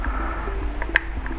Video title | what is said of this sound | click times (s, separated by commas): INMOTION P6 - Driver Board Replacement | Hear a click. | 1.0 s